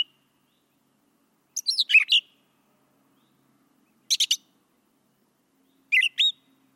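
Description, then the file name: Brown thrasher song: three short bursts of rich, slurred and chattering notes, the phrases often paired, separated by pauses of about two seconds. "suara kicauan brown thrasher. omkicau"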